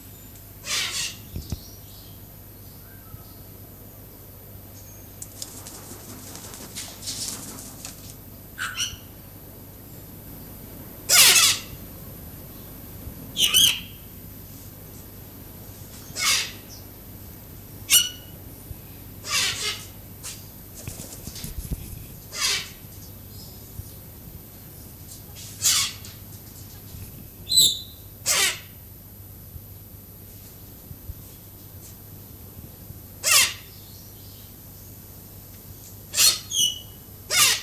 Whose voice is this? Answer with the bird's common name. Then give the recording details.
Silvery-cheeked Hornbill. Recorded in captivity. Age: adult. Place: Zoo Berlin, Berlin, DE. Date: 2005-08-26 15:29. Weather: sonnig, ca. 17°C. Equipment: Panasonic RQ-2102, Sennheiser ME 80, Kopie Uher 4000 Report Monitor. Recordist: Tembrock, Günter